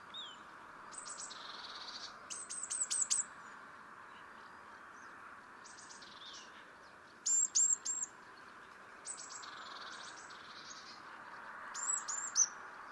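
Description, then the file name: Eurasian blue tit calling repeatedly: buzzy churring bursts mixed with high thin notes and brief rattles, in several bouts over steady background noise. "Cyanistes caeruleus"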